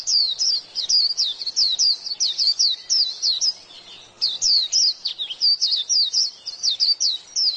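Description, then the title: White-eye singing long runs of rapid, high-pitched twittering notes, each burst a quick falling chirp, with only brief pauses between phrases. "Pleci"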